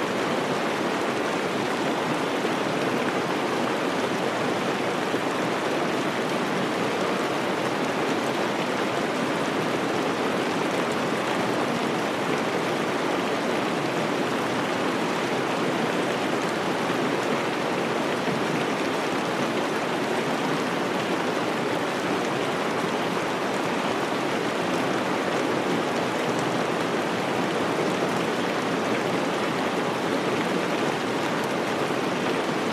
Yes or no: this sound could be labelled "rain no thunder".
yes